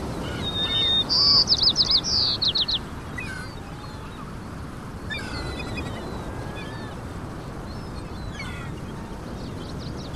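Birdsong rings out over a steady low rumble. A loud bright trilling phrase runs from about one to three seconds, then quieter, sparser chirps and short twittering bursts return around three, five and eight seconds as the rumble continues underneath.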